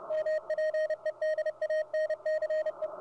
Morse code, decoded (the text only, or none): MPEDANCE